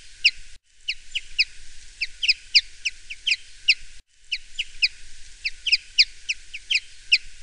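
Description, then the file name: Common chaffinch singing a short run, then two long runs of quick, sharp, high-pitched notes, clipped and bright, separated by brief pauses; no other clear sounds. "erdei pinty"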